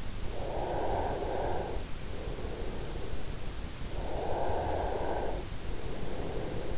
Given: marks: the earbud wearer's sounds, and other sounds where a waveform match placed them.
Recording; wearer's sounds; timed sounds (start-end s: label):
sounds in sleep by an in-ear microphone; breath
0.11-2.79 s: breath
3.79-6.78 s: breath